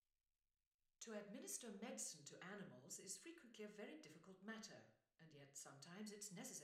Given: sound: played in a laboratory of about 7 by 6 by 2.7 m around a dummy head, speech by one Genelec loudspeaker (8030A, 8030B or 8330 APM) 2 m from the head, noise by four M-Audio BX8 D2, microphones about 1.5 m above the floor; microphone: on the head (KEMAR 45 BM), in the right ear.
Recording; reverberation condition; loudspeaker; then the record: female speech in English; medium; 90 degrees to the right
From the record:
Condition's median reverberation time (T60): about 510 ms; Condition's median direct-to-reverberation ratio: about -0.5 dB